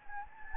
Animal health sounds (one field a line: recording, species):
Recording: mosquito wingbeat signal from an infrared sensor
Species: Anopheles gambiae